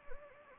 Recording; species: mosquito wingbeat signal from an infrared sensor; Anopheles gambiae